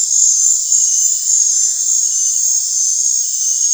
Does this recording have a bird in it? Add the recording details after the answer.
no. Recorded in dense forest near Puerto Asís, Putumayo, Colombia, on 21 December 2024 at 19:30. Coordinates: 0.468, -76.322. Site G071